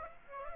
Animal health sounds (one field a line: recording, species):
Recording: mosquito wingbeat signal from an infrared sensor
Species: Aedes aegypti